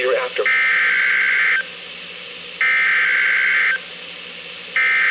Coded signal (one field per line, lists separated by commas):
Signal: Emergency Alert System (SAME) tones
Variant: header bursts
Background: speech